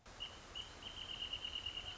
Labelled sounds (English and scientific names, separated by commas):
Wrentit (Chamaea fasciata)